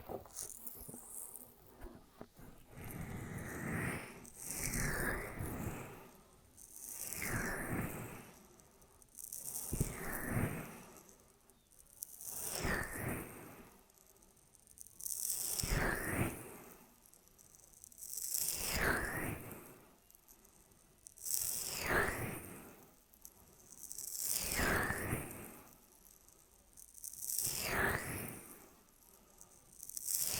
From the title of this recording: Ear Massage Triggers